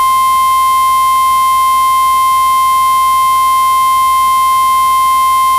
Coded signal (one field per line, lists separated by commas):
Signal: Emergency Alert System (SAME) tones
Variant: 853 and 960 Hz attention tone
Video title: EAS Short - Cabbage Patch Snacktime Kids